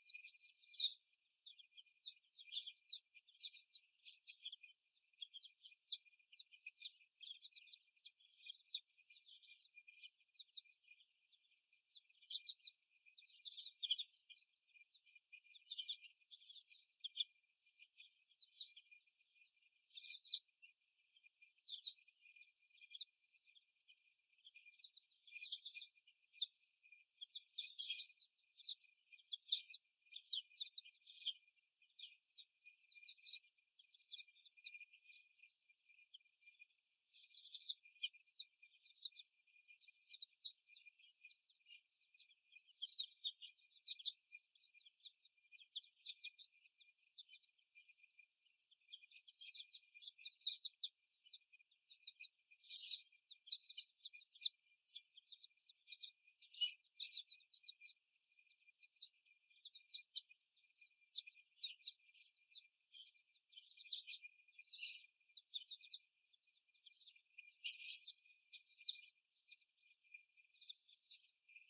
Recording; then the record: young laying hens in a cage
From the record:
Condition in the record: after the stressor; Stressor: simulated dog barking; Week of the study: 1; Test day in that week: 1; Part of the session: 1